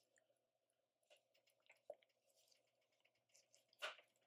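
A steel mainspring barrel lid for a Grewaco watch's AS-1187 movement is pressed onto the barrel with the fingers, working around the edge. Small faint taps and rustles lead to snapping clicks at 1.9 s and 3.5 s. The lid snaps on, but one side still sits higher than the other and needs more pushing.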